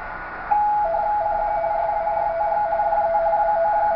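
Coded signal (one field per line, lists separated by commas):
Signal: RTTY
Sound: rapid warbling between two close mid-pitched tones, with a faint steady tone behind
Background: radio static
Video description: CQ WO4D via RTTY from MELBOURNE, FL.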